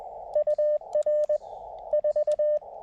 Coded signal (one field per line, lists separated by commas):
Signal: Morse code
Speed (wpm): 20 wpm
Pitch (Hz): 600 Hz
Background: none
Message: UR 4